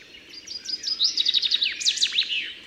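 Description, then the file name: Eurasian wren song fragment: a quick run of high, sharply swept notes speeding into a bright trill over steady hiss. "Troglodytes troglodytes"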